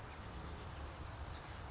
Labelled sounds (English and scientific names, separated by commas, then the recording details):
Chestnut-backed Chickadee (Poecile rufescens)
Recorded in Sonoma County, California